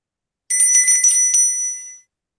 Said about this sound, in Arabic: حضرتك ضربت الجرس؟